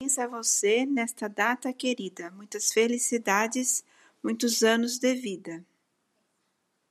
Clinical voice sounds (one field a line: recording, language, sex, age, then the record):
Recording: short text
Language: Brazilian Portuguese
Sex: female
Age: 50 to 59 years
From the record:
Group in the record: control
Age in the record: 55 years